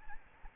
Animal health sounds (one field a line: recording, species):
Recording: mosquito wingbeat signal from an infrared sensor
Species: Aedes albopictus